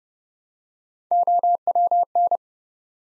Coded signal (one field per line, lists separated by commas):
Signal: Morse code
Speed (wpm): 28 wpm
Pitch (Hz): 700 Hz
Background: none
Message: OWN